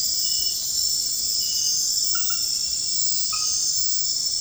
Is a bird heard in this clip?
no